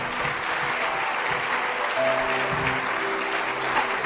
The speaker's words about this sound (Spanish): Si alguien vino por primera vez, le vamos a dar un aplauso fuerte por la gente que viene por primera vez a la iglesia.